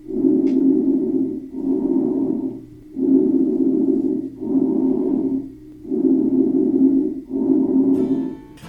The sound is hollow. This is heard over the main channels of the lungs and is not so much at the bases. These are examples of normal lung sounds, bronchial lung sounds, or vesicular lung sounds.